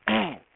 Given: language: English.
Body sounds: throat vibration sensor signal played as sound; throat clearing

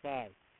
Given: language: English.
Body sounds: throat vibration sensor signal played as sound; speech

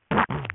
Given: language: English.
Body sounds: throat vibration sensor signal played as sound; throat clearing

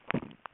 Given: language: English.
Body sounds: throat vibration sensor signal played as sound; swallow

